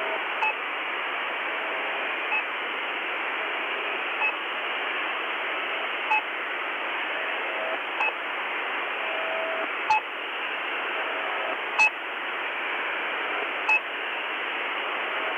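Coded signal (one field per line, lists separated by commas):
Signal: channel marker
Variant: The Pip imitation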